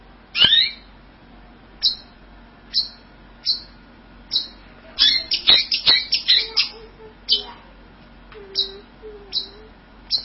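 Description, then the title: Bird chirps: sharp, high, clipped notes spaced out at intervals, briefly bunched into a quick cluster midway, with a few soft low whistles between. "burung online"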